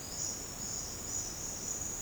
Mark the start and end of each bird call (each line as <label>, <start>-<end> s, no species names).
bird call, 0.00-1.62 s